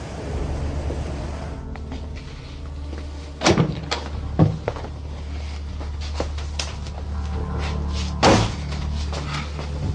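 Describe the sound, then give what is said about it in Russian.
An office door is opened and slammed as people enter without knocking, giving a few sharp, loud bangs spaced several seconds apart, with softer knocks and clatter in between over a steady low hum. No one speaks. “Извините, что без стука.”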